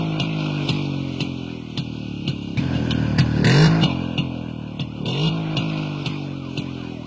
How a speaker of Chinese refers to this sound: 二老板，有警车。